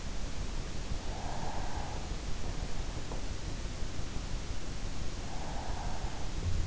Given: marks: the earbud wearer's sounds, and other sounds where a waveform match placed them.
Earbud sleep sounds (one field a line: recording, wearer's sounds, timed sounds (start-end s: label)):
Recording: sounds in sleep by an in-ear microphone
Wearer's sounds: breath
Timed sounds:
0.56-2.50 s: breath
5.02-6.56 s: breath